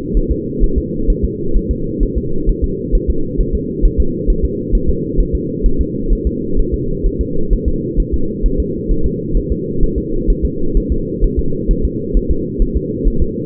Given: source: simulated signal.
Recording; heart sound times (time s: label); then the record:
fetal heart sounds
0.17 s: S1
0.31 s: S2
0.64 s: S1
0.78 s: S2
1.10 s: S1
1.24 s: S2
1.57 s: S1
1.71 s: S2
2.03 s: S1
2.17 s: S2
2.49 s: S1
2.64 s: S2
2.95 s: S1
3.10 s: S2
3.41 s: S1
3.55 s: S2
3.85 s: S1
4.00 s: S2
4.30 s: S1
4.45 s: S2
4.75 s: S1
4.89 s: S2
5.20 s: S1
5.35 s: S2
5.66 s: S1
5.81 s: S2
6.13 s: S1
6.27 s: S2
6.59 s: S1
6.74 s: S2
7.06 s: S1
7.21 s: S2
7.53 s: S1
7.68 s: S2
8.00 s: S1
8.14 s: S2
8.46 s: S1
8.60 s: S2
8.91 s: S1
9.06 s: S2
9.37 s: S1
9.52 s: S2
9.83 s: S1
9.98 s: S2
10.30 s: S1
10.45 s: S2
10.77 s: S1
10.92 s: S2
11.24 s: S1
11.39 s: S2
11.71 s: S1
11.85 s: S2
12.17 s: S1
12.31 s: S2
12.62 s: S1
12.76 s: S2
13.08 s: S1
13.22 s: S2
From the record:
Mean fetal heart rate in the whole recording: 130 bpm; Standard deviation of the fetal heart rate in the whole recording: 4 bpm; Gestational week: 38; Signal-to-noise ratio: -8.1 dB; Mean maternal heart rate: 72 bpm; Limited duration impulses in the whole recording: absent